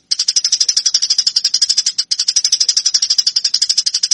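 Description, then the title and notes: Eurasian tree sparrow fighting call: continuous rapid, high-pitched chattering chirps, steady and loud, broken only by one brief gap midway. Fighting (tarung) sparrow sound used to train birds; Indonesian name burung gereja. "MASTER GEREJA TARUNG 1. burung gereja"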